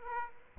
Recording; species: mosquito wingbeat signal from an infrared sensor; Aedes aegypti